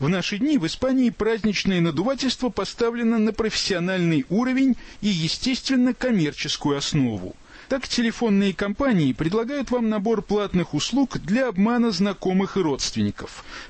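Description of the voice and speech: An adult narrates steadily in Russian, with smooth, clear voicing and only brief natural pauses between phrases. Rate and rhythm are even, articulation is crisp, and there are no repetitions, blocks or voice strain: ordinary fluent speech.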